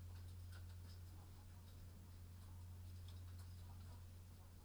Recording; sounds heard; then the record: poultry house recording; sick chickens (respiratory disease)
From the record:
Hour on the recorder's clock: 22